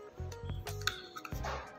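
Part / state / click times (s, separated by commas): battery compartment cover on a camera video microphone / not seated / none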